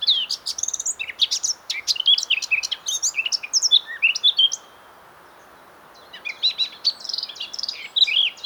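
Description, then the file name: Eurasian blackcap song, a rapid varied warble that stops for over a second and then resumes with more twittering, slurred notes. "Sylvia atricapilla"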